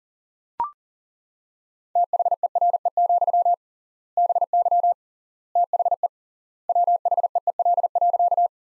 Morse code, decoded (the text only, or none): THERE, BY THE WHEEL.